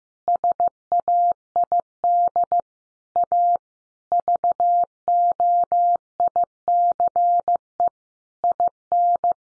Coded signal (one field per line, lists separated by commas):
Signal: Morse code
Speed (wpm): 15 wpm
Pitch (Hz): 700 Hz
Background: none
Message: SAID A VOICE IN